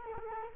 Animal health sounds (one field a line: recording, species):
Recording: mosquito wingbeat signal from an infrared sensor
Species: Culex quinquefasciatus